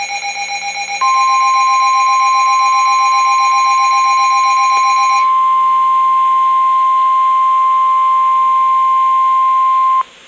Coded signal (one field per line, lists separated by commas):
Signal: Emergency Alert System (SAME) tones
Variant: 1050 Hz attention tone